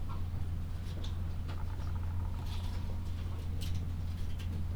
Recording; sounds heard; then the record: poultry house recording; sick chickens (respiratory disease)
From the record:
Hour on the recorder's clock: 12